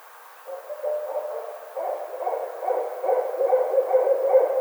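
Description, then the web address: Barred owl hooting: low, wavering hoots in irregular bursts that grow louder overall, with a steady background hiss. Recorded 25 May 2009. "Barred Owl 2009 05 25 Barred Owl"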